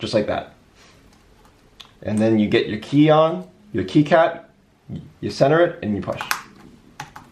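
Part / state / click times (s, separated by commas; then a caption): keycap onto laptop keyboard retainer clip / seated / 7.0 s, 7.2 s. Someone talks while a plastic keycap for a small key on an Acer Aspire V5 laptop keyboard is centered over its retainer clip and pushed down. It clicks on at 7.0 s and 7.16 s, and the key slides right back on and is seated.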